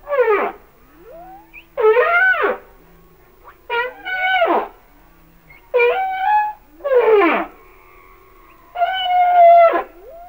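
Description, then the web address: Humpback whale song: a series of harmonic whoops and moans, several sweeping down steeply, with short gaps between. "Natures Songs Whale Songs Sounds of Nature - Humpback Whales"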